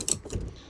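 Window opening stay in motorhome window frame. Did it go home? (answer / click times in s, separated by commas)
yes / 0.1 s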